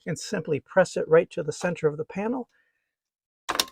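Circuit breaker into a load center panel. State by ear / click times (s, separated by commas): seated / 3.6 s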